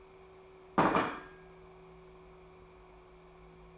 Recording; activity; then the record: daily activity, microphone in the room; place plate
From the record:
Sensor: 1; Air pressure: 1015.0 hPa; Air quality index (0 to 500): 201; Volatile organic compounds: 25 ppm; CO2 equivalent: 2849 ppm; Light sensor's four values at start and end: 28/68/29/35 and 28/69/29/35